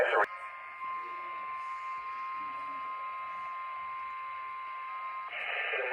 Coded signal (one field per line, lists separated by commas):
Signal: Emergency Alert System (SAME) tones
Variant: 1050 Hz attention tone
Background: speech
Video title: [EAS #18-19] Completely random LOX SVR + WR120's decode it as unrecognized :/